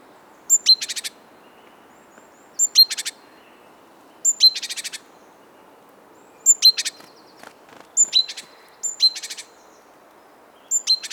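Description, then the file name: Great tit calls: a thin high note followed by a quick run of harsh, buzzy chattering notes, repeated at irregular intervals, over faint background noise. "Parus major"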